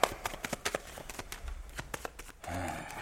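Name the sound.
shuffling playing cards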